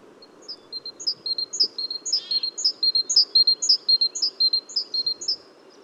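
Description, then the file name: Great tit giving a rhythmic, high, ringing two-note phrase repeated steadily about twice a second, with a faint low hum beneath. "Parus major"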